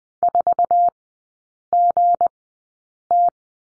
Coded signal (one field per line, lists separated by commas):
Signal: Morse code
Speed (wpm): 19 wpm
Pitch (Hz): 700 Hz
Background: none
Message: 4GT